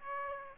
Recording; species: mosquito wingbeat signal from an infrared sensor; Aedes aegypti